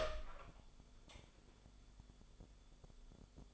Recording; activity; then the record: daily activity, microphone in the room; open door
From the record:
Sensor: 5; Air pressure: 1015.2 hPa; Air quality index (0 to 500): 208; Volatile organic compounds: 10 ppm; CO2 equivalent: 2259 ppm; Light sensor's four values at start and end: 36/81/33/31 and 36/81/33/31